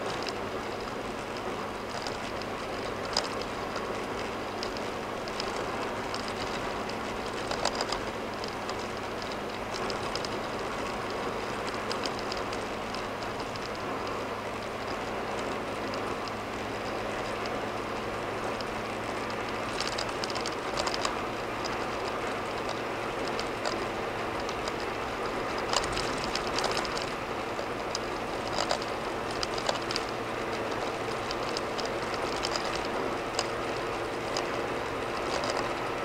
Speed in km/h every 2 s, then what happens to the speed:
81, 81, 81, 81, 81, 81, 81, 82, 84, 85, 87, 92, 85, 87, 89, 89, 90, 90.
0-13 steady at about 81. 13-21 speeds up to 92.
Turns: none.